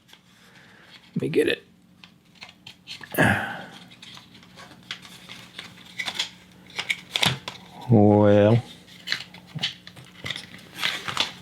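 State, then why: Not seated. A wooden step piece of a miniature kit is handled and pushed toward its place in the kit frame, with scattered light taps, scrapes and clicks of wood, while someone talks briefly and a short harmonic tone sounds around 8 s. Nothing has seated or clicked into place yet.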